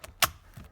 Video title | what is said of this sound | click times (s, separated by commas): 2015-2018 F150 Steering wheel swap | and it Clips right in as you can hear the snap okay massage it just to make sure it's all the way in | 0.0 s